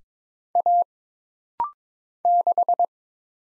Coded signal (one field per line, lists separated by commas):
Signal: Morse code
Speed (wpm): 22 wpm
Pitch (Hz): 700 Hz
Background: none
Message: A 6